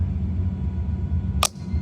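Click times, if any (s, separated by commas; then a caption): 1.4 s. A fuel filler cap on the stiff filler neck of a JDM Honda Civic Type R EK9 is turned a little further until its ratchet gives one sharp click at 1.4 s over a steady low hum. The click shows the cap is fully tightened and properly sealed.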